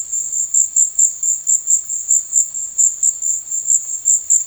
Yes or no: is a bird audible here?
no